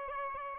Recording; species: mosquito wingbeat signal from an infrared sensor; Aedes albopictus